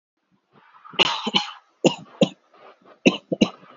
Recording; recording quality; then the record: shallow voluntary cough; excellent, no background noise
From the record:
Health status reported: healthy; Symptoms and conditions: none ticked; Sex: male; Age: 24 years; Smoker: not ticked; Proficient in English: yes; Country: India